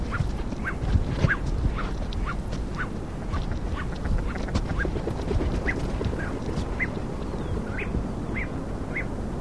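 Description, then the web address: Crested duck giving a long series of short, sharp calls over a steady deep rumble of background noise. "cantos patocreston"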